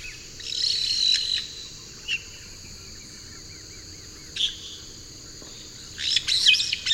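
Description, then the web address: Black-headed parrot giving short shrill screeching calls in separate bursts, with a quieter pause between, over constant high-pitched insect buzzing. Eastern lowlands of South America. "ENTER Music and Audio. Nature Songs S America Eastern Lowlands. Black-headed Parrot"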